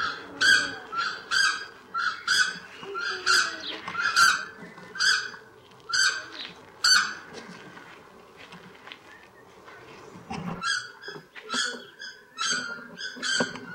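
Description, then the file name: South Island takahe calling in a regular series of loud harmonic notes, pausing briefly midway, then resuming with fainter calls and some low background noise. "Notornis"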